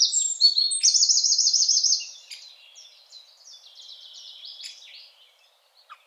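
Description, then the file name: Eurasian wren song, loud high notes and a fast trill in the first two seconds, followed by a softer twittering continuation that fades out. "Troglodytes troglodytes"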